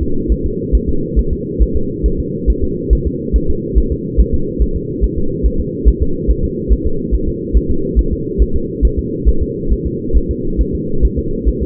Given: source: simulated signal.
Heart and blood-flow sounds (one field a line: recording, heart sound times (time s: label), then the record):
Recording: fetal heart sounds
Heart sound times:
0.02 s: S2
0.32 s: S1
0.46 s: S2
0.75 s: S1
0.89 s: S2
1.19 s: S1
1.33 s: S2
1.62 s: S1
1.77 s: S2
2.06 s: S1
2.20 s: S2
2.50 s: S1
2.64 s: S2
2.93 s: S1
3.07 s: S2
3.36 s: S1
3.50 s: S2
3.78 s: S1
3.92 s: S2
4.20 s: S1
4.34 s: S2
4.62 s: S1
4.76 s: S2
5.04 s: S1
5.18 s: S2
5.46 s: S1
5.60 s: S2
5.88 s: S1
6.02 s: S2
6.30 s: S1
6.44 s: S2
6.72 s: S1
6.86 s: S2
7.14 s: S1
7.28 s: S2
7.57 s: S1
7.71 s: S2
7.99 s: S1
8.13 s: S2
8.42 s: S1
8.56 s: S2
8.85 s: S1
8.99 s: S2
9.29 s: S1
9.43 s: S2
9.72 s: S1
9.86 s: S2
10.17 s: S1
10.31 s: S2
10.61 s: S1
10.75 s: S2
11.05 s: S1
11.19 s: S2
11.49 s: S1
11.63 s: S2
From the record:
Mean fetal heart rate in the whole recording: 140 bpm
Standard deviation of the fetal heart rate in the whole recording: 2 bpm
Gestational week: 34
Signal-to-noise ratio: -8.1 dB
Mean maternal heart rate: 72 bpm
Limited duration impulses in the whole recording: absent